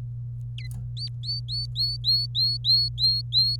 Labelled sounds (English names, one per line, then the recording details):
Domestic Canary song
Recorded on 25 April 2018 at 16:58
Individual llb3